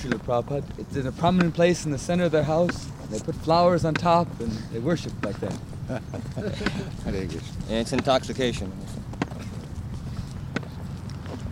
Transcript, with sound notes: It is in a permanent place in the center of their house, and they put flowers on top, and they worship like that.
[laughing] Hare Kṛṣṇa.
It’s intoxication also.